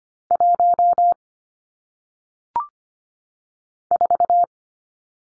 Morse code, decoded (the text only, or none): 1 4